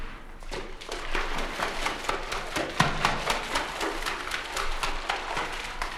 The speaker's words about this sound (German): Übrigens ist dieses rhythmische Klatschen ein sehr bezeichnendes Geräusch. Es stammt vom Bullen und wird mit dem borstigen Schwanz erzeugt, wenn das gewichtige Familienoberhaupt wieder einmal deutlich machen will, dass das Hippopotamusgehege